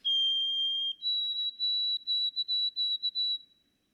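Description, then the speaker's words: White-throated sparrow song: a long pure whistle, then a slightly higher note repeated several times, with no other sounds. Song heard in fall. "I hear white-throated sparrows singing, and it sounds like the White Mountains in May."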